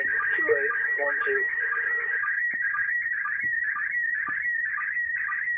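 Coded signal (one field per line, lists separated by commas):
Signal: SSTV (slow-scan television)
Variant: PD 120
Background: speech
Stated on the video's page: SSTV image from the International Space Station passing directly overhead, with unrelated radio communications in the background.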